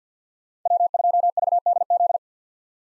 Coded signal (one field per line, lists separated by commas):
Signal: Morse code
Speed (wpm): 50 wpm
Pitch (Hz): 700 Hz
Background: none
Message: W2VDZ